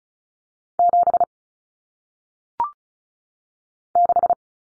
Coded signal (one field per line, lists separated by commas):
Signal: Morse code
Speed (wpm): 36 wpm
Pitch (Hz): 700 Hz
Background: none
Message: 7 6